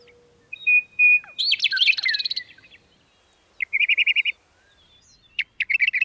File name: meadowlark western